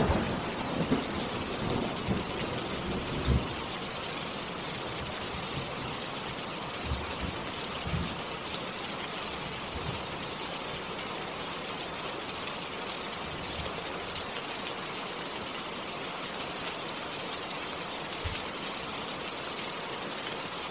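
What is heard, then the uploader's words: Rain falls in a steady, dense hiss that fills the whole stretch evenly, bright. A few low thumps and knocks stand out in the first few seconds and again near seven and eighteen seconds, otherwise the downpour holds constant. Rain Sound.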